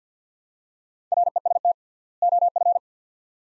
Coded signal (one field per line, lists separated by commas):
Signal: Morse code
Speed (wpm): 50 wpm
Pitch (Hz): 700 Hz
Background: none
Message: REST OF